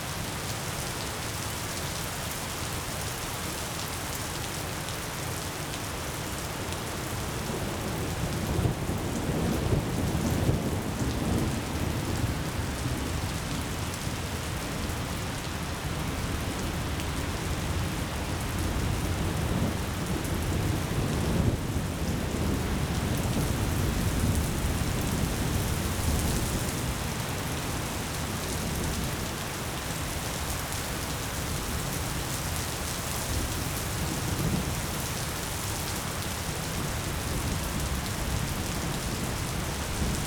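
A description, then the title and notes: A rainstorm pours steadily and densely throughout, with low rumbling swells of thunder building around ten and twenty-two seconds. The Rainstorm.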